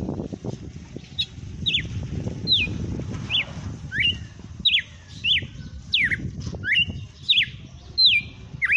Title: Canto Galo Campina Fêmea. Galo de campina cantando na cara do FREGUÊS - Esse é o FENRIR